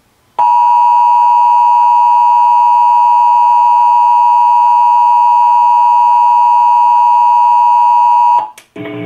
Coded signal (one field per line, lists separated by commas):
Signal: Emergency Alert System (SAME) tones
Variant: 853 and 960 Hz attention tone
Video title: 2021 National EAS Test (EAS #2,389)